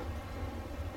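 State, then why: Not seated. The second small plastic hood pin is being pressed into the hood of an Agora Models Shelby GT500 Super Snake scale model car while the hood is supported from below. Only a steady low hum with broadband background noise is heard, with no sharp transients. Nothing has seated or clicked yet.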